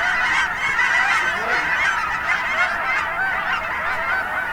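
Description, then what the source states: Goose: geese honking as a dense flock, overlapping nasal calls forming a continuous chorus with no pauses throughout. Geese recorded at Finley National Wildlife Refuge, Oregon.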